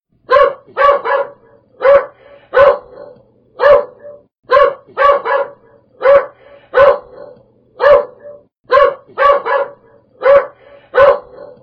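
Dog barking in short, sharp bursts, often doubled or tripled, repeated steadily throughout with brief pauses between volleys; no other clear sounds.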